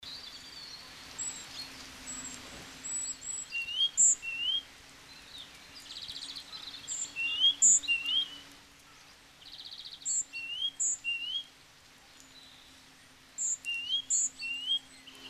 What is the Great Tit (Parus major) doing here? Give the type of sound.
song